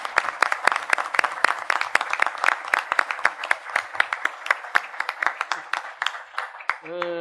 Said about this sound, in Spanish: La revista es una institución en la Universidad de Veracruz. Te mereces un aplauso.